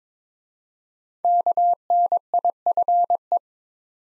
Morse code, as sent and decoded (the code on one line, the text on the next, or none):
-.- -. .. ..-. .
KNIFE